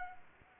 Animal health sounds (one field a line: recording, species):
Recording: mosquito wingbeat signal from an infrared sensor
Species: Culex pipiens